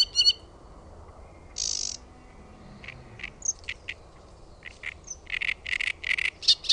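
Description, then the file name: Great reed warbler song: a couple of sharp notes and a rasping burst, then a run of harsh, grating, chattering syllables building toward the end. "RASTASKERTTUNEN"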